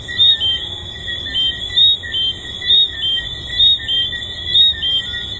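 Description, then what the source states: Tree frogs sound off in chorus, short high chirps rising out of a steady shrill background at a rate near one per second. Tree frogs recorded at the Hedonism II resort.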